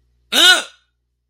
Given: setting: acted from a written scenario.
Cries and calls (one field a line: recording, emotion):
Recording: vocal sound without words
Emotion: fear